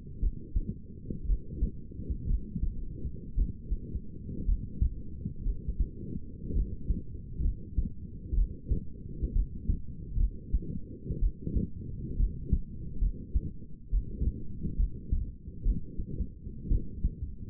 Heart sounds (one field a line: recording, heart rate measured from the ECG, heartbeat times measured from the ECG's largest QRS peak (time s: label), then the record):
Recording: heart sounds by stethoscope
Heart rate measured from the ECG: 62 bpm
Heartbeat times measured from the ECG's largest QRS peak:
0.21 s: heartbeat
1.27 s: heartbeat
2.28 s: heartbeat
3.36 s: heartbeat
4.46 s: heartbeat
5.44 s: heartbeat
6.54 s: heartbeat
7.43 s: heartbeat
8.35 s: heartbeat
9.34 s: heartbeat
10.18 s: heartbeat
11.20 s: heartbeat
12.18 s: heartbeat
13.00 s: heartbeat
13.91 s: heartbeat
14.77 s: heartbeat
15.64 s: heartbeat
16.69 s: heartbeat
From the record:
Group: healthy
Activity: light exercise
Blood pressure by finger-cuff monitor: 106/63 mmHg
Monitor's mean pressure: 78 mmHg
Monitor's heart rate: 64 bpm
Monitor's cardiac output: 5.8 L/min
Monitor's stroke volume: 91 mL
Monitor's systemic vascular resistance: 960 dyn s/cm5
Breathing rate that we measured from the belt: 26 breaths a minute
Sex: female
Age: 28 years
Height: 170 cm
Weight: 77 kg